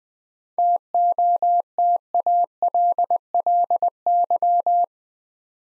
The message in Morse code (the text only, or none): TOTALLY